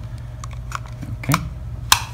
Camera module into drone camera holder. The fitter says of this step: 딸깍 할 때까지 꽂아 주시면 되구요